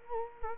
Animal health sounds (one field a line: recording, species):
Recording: mosquito wingbeat signal from an infrared sensor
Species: Culex quinquefasciatus